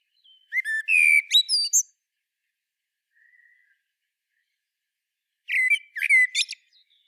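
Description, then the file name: Common blackbird song: two separate phrases, each starting with fluty whistles and closing in a thin, high chattering twitter, with a quiet pause between them. "Turdus merula"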